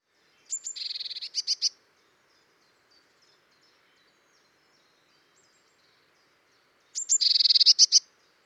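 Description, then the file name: Eurasian blue tit calls, two well-separated bursts of high thin notes running into a rapid scolding churr. "Cyanistes caeruleus"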